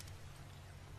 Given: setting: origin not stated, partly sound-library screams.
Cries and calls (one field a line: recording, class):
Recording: one-second piece from a danger detection set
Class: normal situation